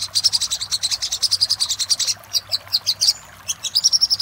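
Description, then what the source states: Little spiderhunter giving a brisk string of thin, piercing notes, then a looser scatter of chips and a short, clear, whistled run. Master recording for training cage birds; labelled labaik.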